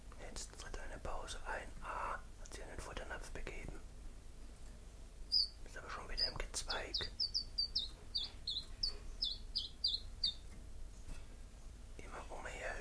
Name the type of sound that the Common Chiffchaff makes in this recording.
song